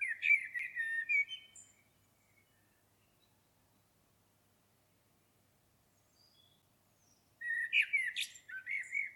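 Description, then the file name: Common blackbird: mellow fluted warble with a scratchy high tail, silence for several seconds, then a second rich phrase with squeaky overtones. "Turdus merula"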